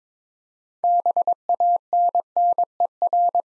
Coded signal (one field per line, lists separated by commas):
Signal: Morse code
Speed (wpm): 22 wpm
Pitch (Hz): 700 Hz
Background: none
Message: BANNER